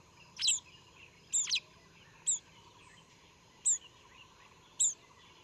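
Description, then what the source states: Olive-backed pipit giving five short, high, thin calls, the second one doubled. Recorded at Yushan, Taiwan.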